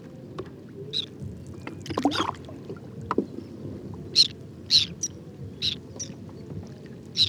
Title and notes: Observation sonore - Guifettes en hivernage - Cambodge. 13 décembre 2018-16h30. lac peu profond couvert de nénuphars et de lotus. Guifettes moustac (Chlidonias hybridus). Cris électriques de contact très caractéristiques